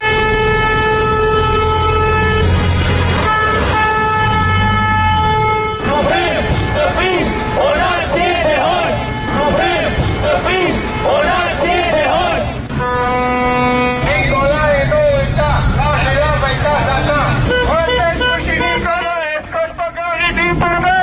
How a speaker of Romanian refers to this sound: mai mulți șoferi și bicicliști au pornit într-un marș de 30 de minute în jurul Palatului Parlamentului. Au claxonat, au afișat tricolorul și au scandat împotriva celor care au propus grațierea pedepselor pentru mită și trafic de influență.